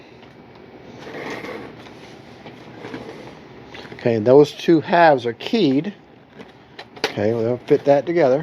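Someone talks while handling the two keyed plastic halves of a pushrod clevis on an E-flite Sportix 1.1M RC airplane, lining them up to be pushed together. A few short, sharp handling ticks are heard around 6.8–7.0 s between the talking. The halves have not yet snapped together and nothing has seated or clicked.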